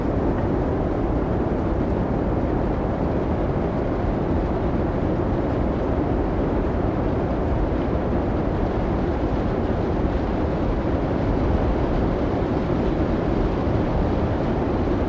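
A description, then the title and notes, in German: A blizzard's wind roars without pause for the whole stretch, a thick, heavy rush weighted toward the low end with a grainy, churning texture. The level stays flat and constant, with no gusts standing out and no other sounds breaking through. Wintersturm-Ambiente | Isländischer Blizzard und Heulender Wind. Aufgenommen über Nacht während des kolossalen Schneesturms Diddú in Reykjavík, erleben Sie die echten und ungezähmten Klänge von heulenden Winden und wirbelndem Schnee.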